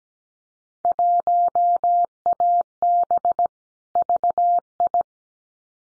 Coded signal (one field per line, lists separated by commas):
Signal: Morse code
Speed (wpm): 17 wpm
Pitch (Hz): 700 Hz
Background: none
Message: 1AB VI